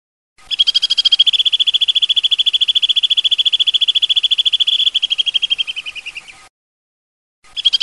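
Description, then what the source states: Bird giving a sustained rapid trill of even, high pulses that drops in pitch and fades at the end, followed by silence and a fresh start. Bird ringtone, described as a bird with a melodious voice.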